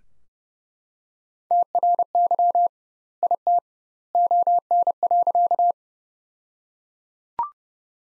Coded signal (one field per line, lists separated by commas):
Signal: Morse code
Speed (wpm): 32 wpm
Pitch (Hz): 700 Hz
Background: none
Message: TRY IT ON.